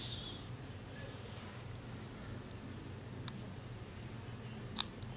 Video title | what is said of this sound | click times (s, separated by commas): Sandisk Extreme Pro Micro SD card for 4K videos | there was a click sound in indicating that it got fit | 4.8 s